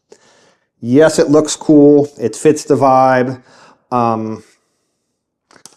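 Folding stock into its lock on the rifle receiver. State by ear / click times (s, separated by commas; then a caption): seated / 5.7 s. Someone talks, then the metal triangular folding stock of a PSA AK-103 rifle is folded into its lock on the receiver. Small taps lead into a sharp metallic click at 5.6 s as the stock locks into place.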